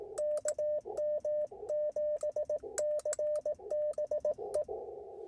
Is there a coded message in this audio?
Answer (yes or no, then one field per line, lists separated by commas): yes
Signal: Morse code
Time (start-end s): 0.2-4.6 s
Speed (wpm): 18 wpm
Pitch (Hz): 600 Hz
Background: none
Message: KM7CBE